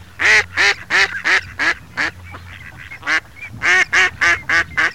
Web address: patica krakva glas na krakva prez proletta